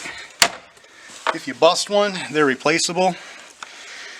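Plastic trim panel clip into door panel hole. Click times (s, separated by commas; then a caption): 0.4 s. A plastic retaining clip on the interior door panel of a 2006 Porsche Cayenne is pushed into its hole in the door and snaps in with one sharp, loud hit at 0.4 s. Someone talks afterward, and a faint tick follows near 3.6 s. The clip is seated.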